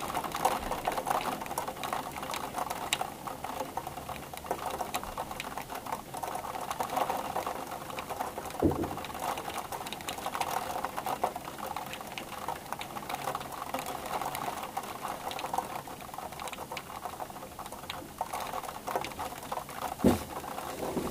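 Rain falls in a steady, dense patter with no pause, a fine crackle of many small drops. Brighter individual taps stand out now and then, with sharper louder hits around 8.5 and 20 seconds.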